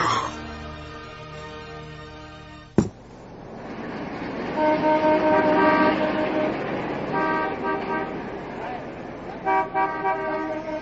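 A car horn blares in one long, steady tone, then cuts off with a sharp click. Fainter, uneven honking follows, with a couple of short toots near the end.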